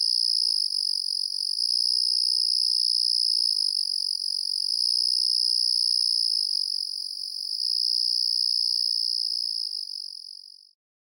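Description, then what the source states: Cricket: steady shrill trilling at a single high pitch, fading out to silence near the end. Crickets calling on a night in the countryside.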